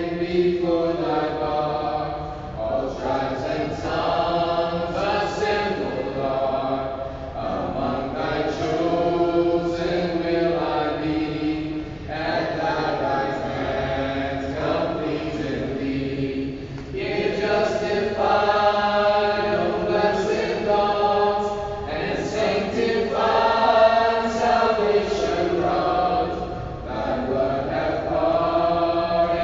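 A Kenyan soundscape filled with continuous voices, layered tones rising and falling like singing or chanting. The sound stays dense and fairly steady throughout, with brief dips around 3, 12 and 17 seconds before the voices swell again.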